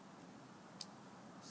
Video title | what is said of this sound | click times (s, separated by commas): Drop test of the Samsung Juke | snaps back into place | 0.8 s